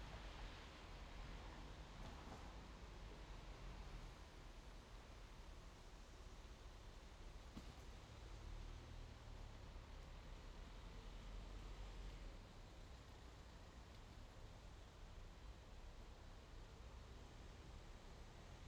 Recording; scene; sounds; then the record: everyday scene through a hearing-aid microphone; in traffic; traffic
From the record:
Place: main road on the outskirts, rush hour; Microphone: in the ear canal, left